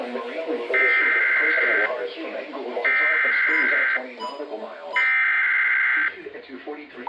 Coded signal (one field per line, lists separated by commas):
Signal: Emergency Alert System (SAME) tones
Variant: header bursts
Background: speech